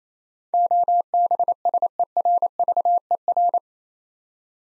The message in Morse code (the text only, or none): OBSERVER